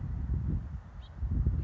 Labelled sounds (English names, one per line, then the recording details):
House Finch
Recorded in Sonoma County, California